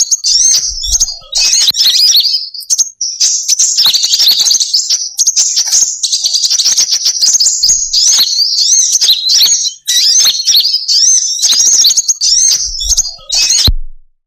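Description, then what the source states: Bird song, a dense high-pitched stream of rapid chirps, trills and twittering phrases, continuous and loud with only brief pauses. Lure sound used to attract birds that are hard to approach.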